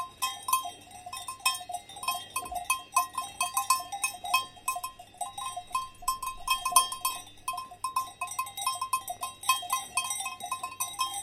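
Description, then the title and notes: Cow: cattle bells clank constantly and unevenly, several bells overlapping, with a couple of low thumps. Cows feeding with clanking cow bells on a walk at Valle Pramper in the Dolomites. "The curious cows of Valle Pramper. On a walk in the Dolomites at Valle Pramper, we record cows feeding, with the clank of their cow bells. Recorded by Cities and Memory"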